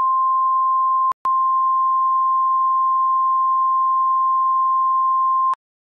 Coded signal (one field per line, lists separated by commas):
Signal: Emergency Alert System (SAME) tones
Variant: 1050 Hz attention tone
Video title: EAS Severe Thunderstorm Warning (Fairfield, OH, Hocking, OH, and Pickaway, OH Counties)